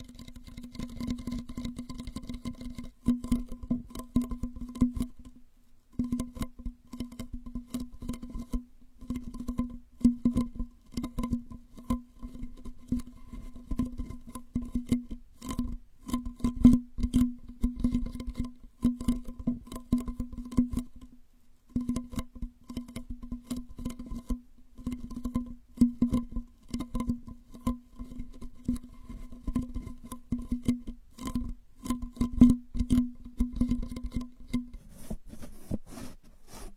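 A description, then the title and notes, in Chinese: Bottle caps tapped, clicked and scratched in quick, irregular bursts of crisp, pattering sounds running nearly the whole time. A steady low tone hums underneath, dropping out with the taps in short silences near 6 and 21 seconds. 多种瓶盖触发音。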